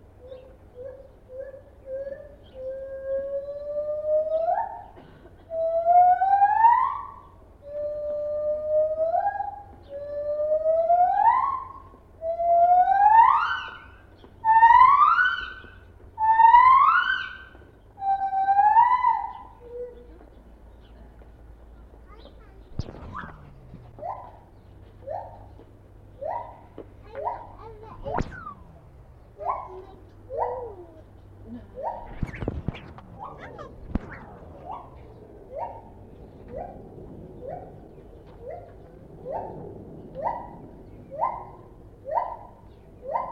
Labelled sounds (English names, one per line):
Lar Gibbon